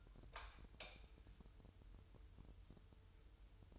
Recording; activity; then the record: daily activity, microphone in the room; light on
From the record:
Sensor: 2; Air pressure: 988.3 hPa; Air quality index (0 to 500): 191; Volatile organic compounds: 186 ppm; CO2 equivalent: 4167 ppm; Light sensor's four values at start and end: 6/16/6/7 and 11/34/13/13